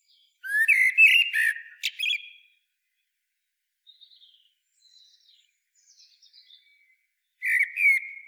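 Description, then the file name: Common blackbird song: a low fluted whistled phrase ending in squeaky twittering, soft high notes in the pause, then a second fluty phrase begins near the end. "Turdus merula"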